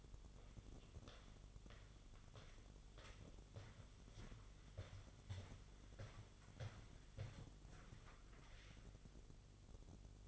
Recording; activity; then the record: daily activity, microphone in the room; walk to room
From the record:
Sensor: 4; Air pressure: 1009.0 hPa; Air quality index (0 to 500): 139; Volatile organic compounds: 2 ppm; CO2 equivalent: 1010 ppm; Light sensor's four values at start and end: 15/35/14/13 and 13/30/12/12